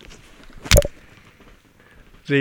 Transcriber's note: microphone disturbance